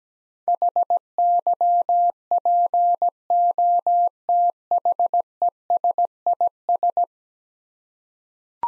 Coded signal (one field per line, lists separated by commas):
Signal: Morse code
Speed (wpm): 17 wpm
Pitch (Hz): 700 Hz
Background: none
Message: HYPOTHESIS